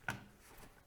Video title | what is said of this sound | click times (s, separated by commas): Cooler Master NR200P PC Build Guide (AIO & Horizontal GPU) | and here there the little clip is closed and then it's just a matter of securing things into place | 0.1 s